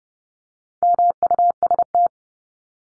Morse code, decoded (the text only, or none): MUST